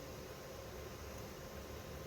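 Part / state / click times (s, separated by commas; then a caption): ink recirculation line coupling onto printer subtank / not seated / none. An ink recirculation line coupling fitted with a new seal is handled at the port of the subtank M021937 on a Mimaki UJF-6042MkII printer. Only a steady, even background hiss and low hum are heard, with no sudden sounds. Nothing has seated or clicked yet.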